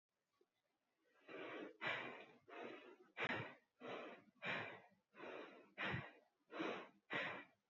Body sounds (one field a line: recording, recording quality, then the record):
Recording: shallow breathing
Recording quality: excellent, no background noise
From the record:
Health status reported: healthy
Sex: female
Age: 20 years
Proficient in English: yes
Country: India